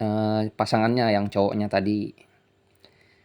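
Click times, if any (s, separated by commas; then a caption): 2.9 s. Someone talks for about two seconds, then after a quiet pause a sharp click sounds at 2.8 s as the male plug of an alarm wiring harness is pushed into the plastic left/right turn signal lamp socket on a Honda Beat Street motorcycle. The connector locks into place.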